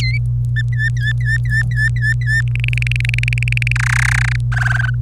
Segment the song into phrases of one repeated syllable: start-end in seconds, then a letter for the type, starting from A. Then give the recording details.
0.00-0.18 A, 0.56-2.42 B, 2.47-3.72 C, 3.76-4.36 D, 4.52-4.90 E. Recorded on 25 April 2018 at 17:06. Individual llb3